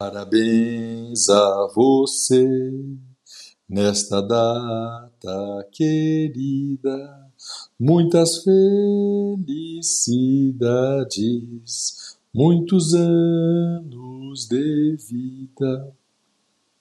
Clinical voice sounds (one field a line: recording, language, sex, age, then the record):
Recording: short text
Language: Brazilian Portuguese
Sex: male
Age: 50 to 59 years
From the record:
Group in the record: control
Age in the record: 54 years